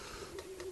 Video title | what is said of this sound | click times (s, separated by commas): Acheter son équipement de paintball - différents accessoires pour paintball | Là, c'est enclenché. | 0.4 s, 0.6 s